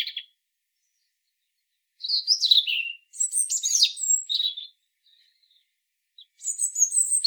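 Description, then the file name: European robin song: a brief high note, then a pause before varied, tinkling warbled phrases mixing thin whistles and quick trills, another burst starting near the end. "Erithacus rubecula"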